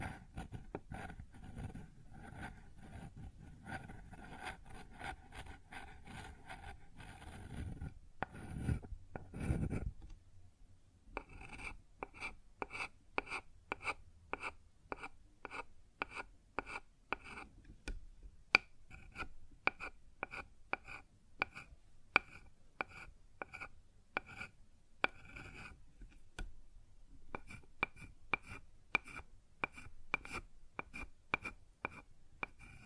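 ASMR sounds on a wooden surface: for the first ten seconds a soft, dense rubbing and scratching, swelling near the ninth second. After a brief pause, crisp, sharp taps and knocks follow in quick, fairly regular runs, with short gaps, continuing to the end.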